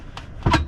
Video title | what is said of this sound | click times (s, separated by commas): Toyota Alphard Campervan - Indepth look outside/inside conversion/hardtop by Wellhouse Leisure | and it clicks into place | 0.2 s, 0.5 s